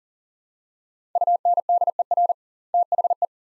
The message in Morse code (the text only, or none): UNDER THE